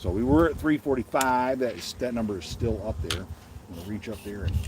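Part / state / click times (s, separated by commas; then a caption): part on a crossbow, likely the string latching into the trigger or an accessory fitted onto the bow / not seated / none. Someone talks while reaching up to handle a part on a crossbow, likely the string latching into the trigger or an accessory being fitted onto the bow. Nothing has snapped into place yet; there is no click.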